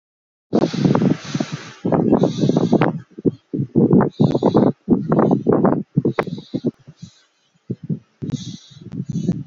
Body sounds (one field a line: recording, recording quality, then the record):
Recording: shallow breathing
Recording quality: moderate, slight background noise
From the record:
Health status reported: healthy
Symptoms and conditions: none ticked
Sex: male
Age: 32 years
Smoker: not ticked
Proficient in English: yes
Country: Canada